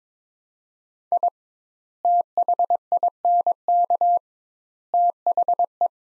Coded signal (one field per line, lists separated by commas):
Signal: Morse code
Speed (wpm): 22 wpm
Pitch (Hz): 700 Hz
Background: none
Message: I THINK THE